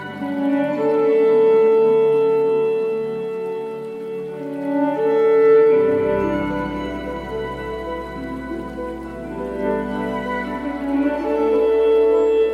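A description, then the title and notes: Slow violin music plays long, held notes that swell and fade, with peaks near the start, around five seconds, and at the end. After about six seconds a deep, steady low tone joins underneath, and a faint watery patter sits in the background. Relaxing violin music with sounds of a river. Relaxing violin music with river sound.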